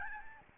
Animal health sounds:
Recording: mosquito wingbeat signal from an infrared sensor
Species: Aedes albopictus

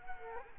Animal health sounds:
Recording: mosquito wingbeat signal from an infrared sensor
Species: Culex quinquefasciatus

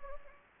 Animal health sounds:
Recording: mosquito wingbeat signal from an infrared sensor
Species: Anopheles gambiae

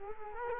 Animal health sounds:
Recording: mosquito wingbeat signal from an infrared sensor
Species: Culex quinquefasciatus

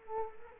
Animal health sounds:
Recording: mosquito wingbeat signal from an infrared sensor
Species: Culex quinquefasciatus

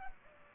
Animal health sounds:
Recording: mosquito wingbeat signal from an infrared sensor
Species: Culex pipiens

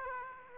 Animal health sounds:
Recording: mosquito wingbeat signal from an infrared sensor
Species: Aedes aegypti

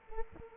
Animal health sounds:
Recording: mosquito wingbeat signal from an infrared sensor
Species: Culex quinquefasciatus

